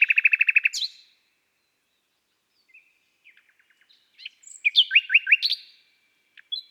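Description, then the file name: Common nightingale delivering a rapid series of repeated notes, then a long pause, faint clicks, and a loud series of sharp downslurred notes. "Rossignol philomele Chants doiseaux des bois et des forets"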